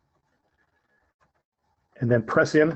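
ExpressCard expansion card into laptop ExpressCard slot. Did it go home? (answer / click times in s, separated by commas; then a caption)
no / none. An ExpressCard expansion card is slid into the ExpressCard slot of a laptop, with only faint, near-silent handling sounds for the first two seconds. Someone then talks from about 2.0 s to the end. The card has not yet been pressed home and nothing has clicked.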